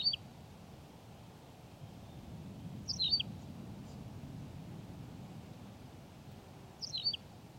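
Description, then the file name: Tawny pipit song phrases, three brief high chirped phrases spaced a few seconds apart, over quiet low background hiss. "Pipit rousseline Anthus campestris"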